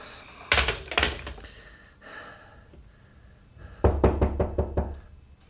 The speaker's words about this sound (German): Es hat geklopft, Thomas.